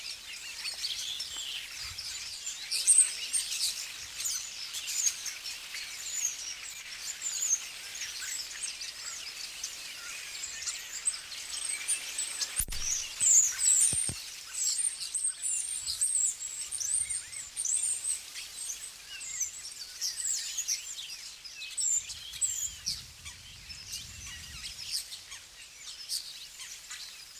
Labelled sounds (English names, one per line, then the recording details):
European Starling song
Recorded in the wild
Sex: group
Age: adult
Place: Ückeritz, Insel Usedom, Mecklenburg-Vorpommern, DE
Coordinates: 54.0125, 14.0506
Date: 1983-09-21 13:22
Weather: sunny, 16°C, gusty winds
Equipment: Nagra SN, Sennheiser MKH 416 T, Kopie Uher 4000 Report Monitor
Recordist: Tembrock, Günter
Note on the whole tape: Gesang. Eine Gruppe Stare in einer Esche